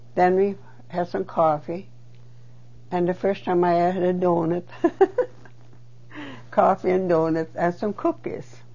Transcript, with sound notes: then we had some coffee and the first time I had a donut. (She laughs.) Coffee and donut and some cookies.